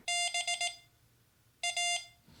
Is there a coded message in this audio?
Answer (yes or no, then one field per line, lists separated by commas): yes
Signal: Morse code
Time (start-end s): 0.1-2.0 s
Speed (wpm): 18 wpm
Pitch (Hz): 2800 Hz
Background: none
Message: B A